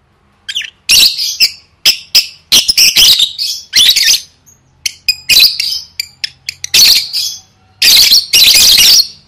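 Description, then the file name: Lovebird calls: high, buzzy squawks and short sharp chips in irregular groups, ending with two longer grating screeches. "tieng vet mau don"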